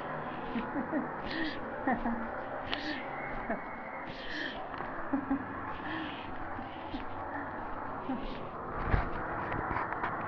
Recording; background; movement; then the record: laughter; traffic; walking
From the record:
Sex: female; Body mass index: 25.5 kg/m2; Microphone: on the chest, facing the body